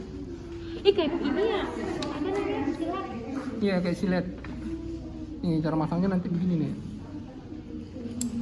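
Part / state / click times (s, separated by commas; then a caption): scalpel blade onto scalpel handle / seated / 8.2 s. Someone talks while a steel scalpel blade is slid onto the fitting of a metal scalpel handle. A short, sharp click sounds at 8.2 s as the blade seats onto the handle.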